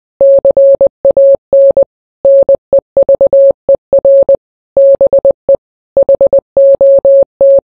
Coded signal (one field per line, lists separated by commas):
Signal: Morse code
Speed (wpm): 20 wpm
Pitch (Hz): 550 Hz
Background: none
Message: CAN NEVER BE HOT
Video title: the ting goes SKRAA but it's in Morse Code